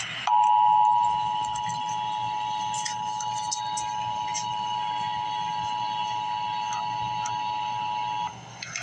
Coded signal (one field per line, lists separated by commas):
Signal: Emergency Alert System (SAME) tones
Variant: 853 and 960 Hz attention tone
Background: speech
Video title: Emergency Alert System - Tornado Watch - Mar 14, 2024 at 5:15 PM EDT